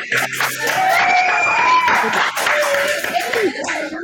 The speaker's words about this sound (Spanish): Bueno, y un aplauso para nuestros oyentes. Eso.